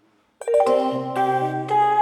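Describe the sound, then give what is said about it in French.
A bright multi-note train station announcement chime rings out, several tuned tones struck in sequence and overlapping into a sustained, resonant melody, loud and clear with no voices. “En pub, en gare, ce que je disais tout à l'heure, on n'a pas la besoin de la batterie et on a par contre un carillon.”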